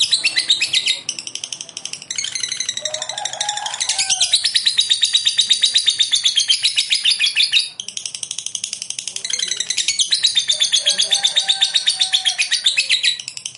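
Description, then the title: Lovebird song: long bursts of rapid, buzzy, high-pitched chattering, many notes a second, with brief pauses between bursts and a few lower warbled notes. "Suara Lovebird"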